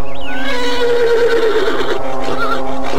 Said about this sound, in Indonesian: Kuda putih itu meringkik, tapi sedikitpun ia tidak beranjak dari tempatnya.